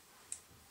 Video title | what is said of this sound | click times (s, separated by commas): Gerber Curve Review | is that the tools actually locked into place | 0.3 s